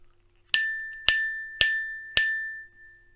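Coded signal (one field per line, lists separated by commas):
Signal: bell signal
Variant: British signal box bell code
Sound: four evenly spaced rings of a small bell, each decaying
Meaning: Four bells asks: is the line clear for an express passenger train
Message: 4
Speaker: four Bells would mean is the line clear for an Express passenger train and that would be given like this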